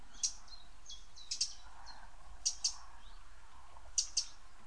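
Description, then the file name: Eurasian wren calls: hard clicking ticks in close pairs, repeated at irregular intervals, with faint thin whistles and a low background rumble. "Troglodytes troglodytes"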